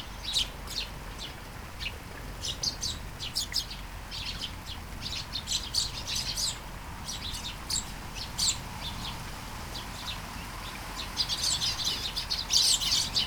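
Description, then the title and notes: Sparrow flock calling, many short, bright chirps scattered irregularly throughout, growing denser near the end, with steady low rumble beneath. Flying sparrows in a garden in Taastrup, Denmark, early morning during a light shower; recorded on a Sony PCM-D100 with internal microphones. "Kærengen 8, 2630 Taastrup, Denmark - Flying sparrows. Flying sparrows in the garden, early morning. Light shower. Vols de moineaux dans le jardin, au petit matin. Pluie fine"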